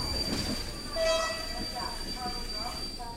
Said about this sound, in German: Scheppernd schleppt sich der Zug der rumänischen Eisenbahn durch die Dunkelheit.